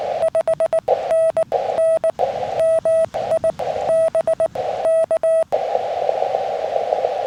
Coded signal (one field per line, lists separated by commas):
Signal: Morse code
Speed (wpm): 18 wpm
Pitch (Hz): 1310 Hz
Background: radio noise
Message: 5NN MI BK